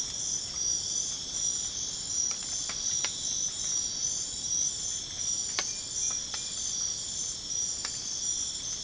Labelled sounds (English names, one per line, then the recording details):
none
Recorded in pastures near Puerto Asís, Putumayo, Colombia, on 12 March 2025 at 04:30
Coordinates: 0.502, -76.324
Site GP07